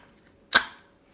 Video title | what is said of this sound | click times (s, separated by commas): HK416 пережив пожежу і працює без буфера!!! Розносимо міф про АК #HecklerKoch #HK416 #ORKOVNET | Да, не фіксується. | none